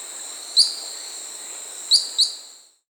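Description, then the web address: Short-tailed pygmy-tyrant calling three very high, sharp insect-like clicks, one single then a quick pair, over a constant high-pitched buzzing background. Peru, Amazon. "Birds of the Amazon 3. Short-tailed Pygmy-Tyrant (Myiornis ecaudatus), Peru"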